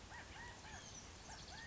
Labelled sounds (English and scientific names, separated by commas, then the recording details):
Oak Titmouse (Baeolophus inornatus)
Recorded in Sonoma County, California